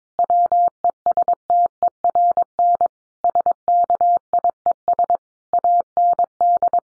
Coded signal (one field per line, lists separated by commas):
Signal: Morse code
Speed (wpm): 22 wpm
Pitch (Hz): 700 Hz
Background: none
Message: WESTERN SKIES AND